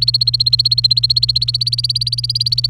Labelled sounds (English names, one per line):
Domestic Canary song